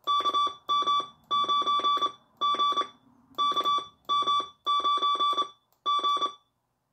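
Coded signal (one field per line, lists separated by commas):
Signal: Morse code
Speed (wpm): 26 wpm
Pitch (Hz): 1160 Hz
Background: none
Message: KM9G KM9G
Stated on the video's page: Morse from a vintage 1980s Autek Research MK-1 CMOS memory keyer.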